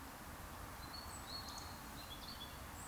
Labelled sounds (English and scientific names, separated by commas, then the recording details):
Eurasian Woodcock (Scolopax rusticola) whistle
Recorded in Baden-Württemberg, Germany, on 8 June 2020 at 19:54 UTC
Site 44842, 218 m above sea level